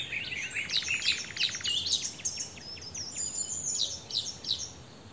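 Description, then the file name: Eurasian wren singing a rapid, high-pitched jumble of sharp notes with a dry, fast rattling trill near the start, continuing for several seconds. "Troglodytes troglodytes"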